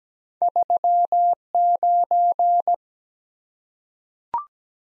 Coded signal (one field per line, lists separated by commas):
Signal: Morse code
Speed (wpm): 17 wpm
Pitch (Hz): 700 Hz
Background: none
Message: 3 9